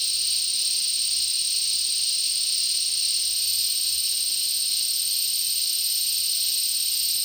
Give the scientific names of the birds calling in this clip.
none